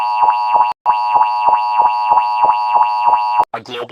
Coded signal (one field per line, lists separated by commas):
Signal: Emergency Alert System (SAME) tones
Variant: 853 and 960 Hz attention tone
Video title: Mars *Eas Scenario* birthday special